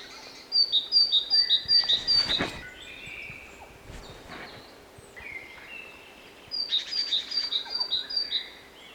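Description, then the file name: Great tit calling, a rapid series of sharp high two-note chirps repeated several times, then again after a pause, over a steady background hiss. "Parus major"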